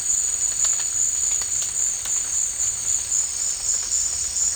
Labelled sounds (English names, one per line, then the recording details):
none
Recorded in dense forest near Puerto Asís, Putumayo, Colombia, on 21 March 2025 at 14:30
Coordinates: 0.485, -76.318
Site G056